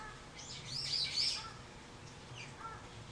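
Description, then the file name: Bird chirps, a cluster of high thin notes in the first second and a half, then fainter scattered chirps over a low steady hiss. Recorded 24 March 2023. "bird-01 230324"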